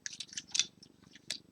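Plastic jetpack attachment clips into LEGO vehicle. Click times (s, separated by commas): 0.1 s, 1.3 s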